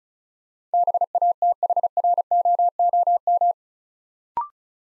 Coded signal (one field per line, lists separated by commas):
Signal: Morse code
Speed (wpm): 33 wpm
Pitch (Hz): 700 Hz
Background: none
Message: BATHROOM